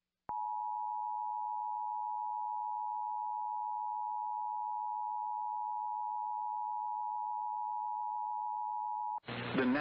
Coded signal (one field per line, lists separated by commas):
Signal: Emergency Alert System (SAME) tones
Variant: 853 and 960 Hz attention tone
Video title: EAS Timeline: Sioux Falls, South Dakota "Green Sky Derecho" of July 5th NOAA Weather Radio